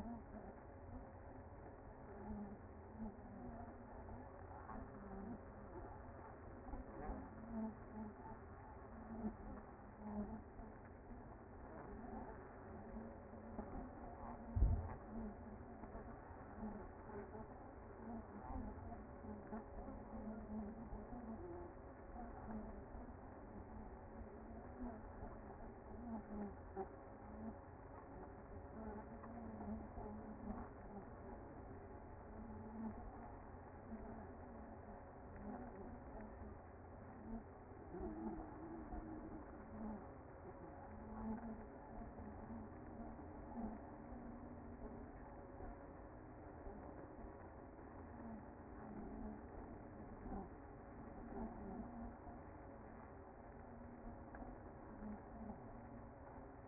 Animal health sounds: honeybee colony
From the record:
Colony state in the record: active

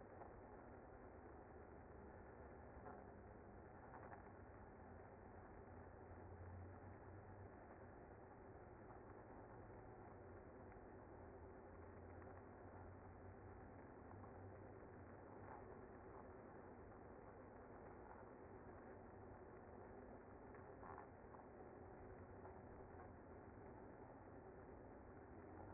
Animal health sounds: honeybee colony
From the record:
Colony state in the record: active

